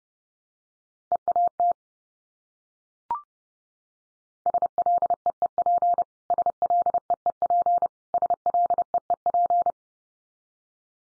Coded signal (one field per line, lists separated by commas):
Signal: Morse code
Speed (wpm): 30 wpm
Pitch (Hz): 700 Hz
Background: none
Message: EAT SLEEP SLEEP SLEEP